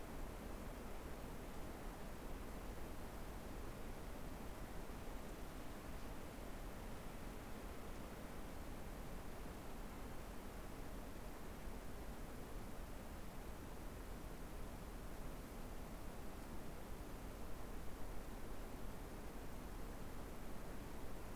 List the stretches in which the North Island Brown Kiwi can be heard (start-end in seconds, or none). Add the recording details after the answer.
none. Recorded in New Zealand on 6 February 2013. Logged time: 23:58. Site DQ55